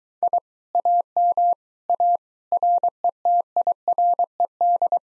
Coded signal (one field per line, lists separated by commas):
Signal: Morse code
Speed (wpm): 23 wpm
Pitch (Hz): 700 Hz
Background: none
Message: I AM A RETIRED